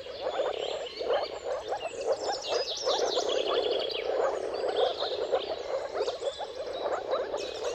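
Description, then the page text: Moor frogs produce a continuous low, gurgling chorus; birds add frequent high chirps and quick whistled notes over it. Dawn chorus of moor frogs giving mating calls at sunrise, at the turn of March and April, timing depending on the weather. "Jakub-Orzecki moor frogs. Dawn’s Chorus: Mating Calls of Marsh Frogs at Sunrise. Depending on the weather at the turn of March and April, you can witness an amazing spectacle of moor frogs"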